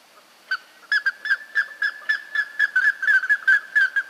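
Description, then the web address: Plumbeous ibis uttering quick, loud honking notes after a brief silent start, repeated about four times a second at an even pitch to the end. "sound Plumbeous-ibis. صدای-پرنده-اکراس-سربی"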